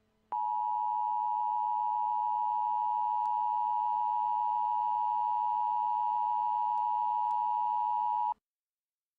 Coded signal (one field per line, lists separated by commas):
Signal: Emergency Alert System (SAME) tones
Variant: 853 and 960 Hz attention tone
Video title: Doctor Who - Steven Universe Crossover Episodes - Emergency Alert System #2